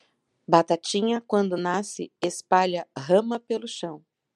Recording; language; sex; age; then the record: short text; Brazilian Portuguese; female; 50 to 59 years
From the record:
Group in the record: control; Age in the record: 53 years